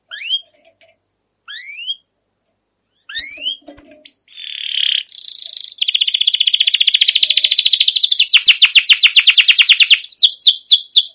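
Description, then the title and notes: Canary singing: a few sparse rising chirps, then a buzzy note leading into a long fast rattling trill that breaks into quick descending slurred notes. Long continuous canary chirping used as a lure to stimulate young canaries to sing and learn song. "CUIT CUIT NGEROL LANGSUNG GACOR PANJANG Kenari Ini Utk Pancingan KENARI PAUD BELAJAR BUNYI. burung kenari"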